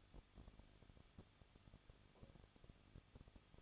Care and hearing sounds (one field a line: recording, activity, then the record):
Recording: daily activity, microphone in the room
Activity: no activity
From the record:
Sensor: 4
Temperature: 23.1 degrees Celsius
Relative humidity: 33.9%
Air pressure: 1007.2 hPa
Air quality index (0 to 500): 215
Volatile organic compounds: 15 ppm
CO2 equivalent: 2483 ppm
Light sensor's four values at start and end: 2/3/1/1 and 2/3/1/1